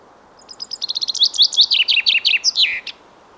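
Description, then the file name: Common chaffinch song, a single cascading trill of repeated sweet notes that descends step by step and finishes with a lower flourish. "Fringilla coelebs"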